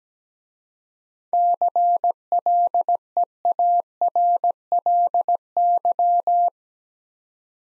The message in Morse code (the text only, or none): CLEARLY